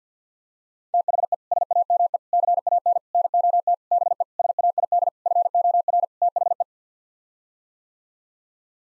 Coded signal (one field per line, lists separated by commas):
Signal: Morse code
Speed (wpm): 50 wpm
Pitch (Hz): 700 Hz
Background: none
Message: THE SAME CAN NOT BE SAID FOR THE